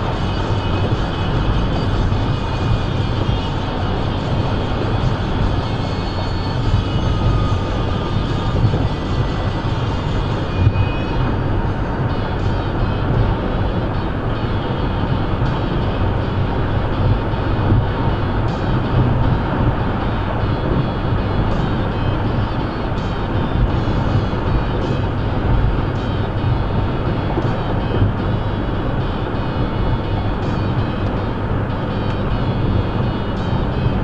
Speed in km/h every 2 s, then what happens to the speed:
132, 130, 130, 132, 132, 134, 137, 138, 138, 138, 140, 138, 138, 137, 142, 142, 143.
0-34 steady at about 138.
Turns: none.